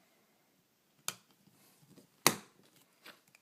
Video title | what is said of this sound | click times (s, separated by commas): Trident Krakin AMS / Perseus / Exoskeleton case for the iPhone 4 / 4S | now once you've pressed that in you will hear the click and it is in there and that phone is not going to come off | 1.1 s, 2.3 s